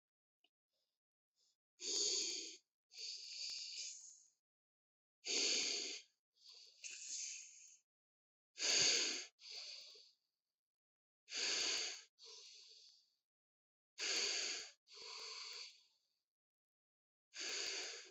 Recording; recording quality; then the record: deep breathing; excellent, no background noise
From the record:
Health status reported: respiratory illness, not identified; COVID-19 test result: not tested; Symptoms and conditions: breathing difficulty, asthma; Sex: male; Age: 18 years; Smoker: not ticked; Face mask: not worn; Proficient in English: no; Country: India